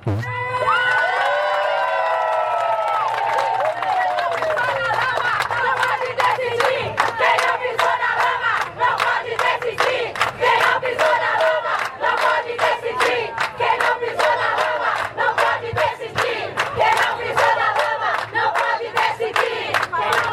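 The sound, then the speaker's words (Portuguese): A large crowd of people affected by dams chants a protest slogan in unison at the Forum in Mariana, loud and insistent, its rhythmic shouted phrases repeating steadily for about twenty seconds after a few rising cries at the start. “Esse slogan ficou muito bom, né?”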